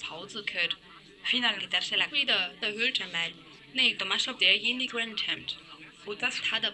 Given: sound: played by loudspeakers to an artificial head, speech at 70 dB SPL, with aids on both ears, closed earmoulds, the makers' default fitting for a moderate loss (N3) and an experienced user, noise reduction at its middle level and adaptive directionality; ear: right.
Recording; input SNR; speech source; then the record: speech test signal (ISTS) in cocktail-party noise; +9 dB; in front (0 degrees)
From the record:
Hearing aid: class 1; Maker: C